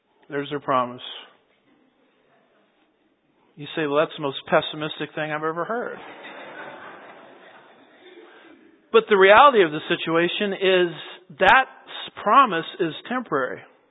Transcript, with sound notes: There’s your promise. You ay will that’s the most pessimistic thing I’ve ever heard. [laughter] But the reality of the situation is that promise is temporary.